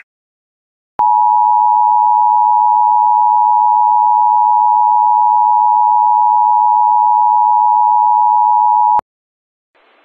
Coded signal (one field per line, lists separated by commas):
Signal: Emergency Alert System (SAME) tones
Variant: 853 and 960 Hz attention tone